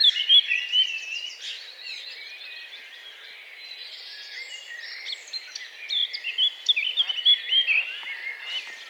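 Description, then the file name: Eurasian blackcap giving fast jumbled warbles, loudest at the opening and again toward the end, with fainter song in between. "Sylvia atricapilla"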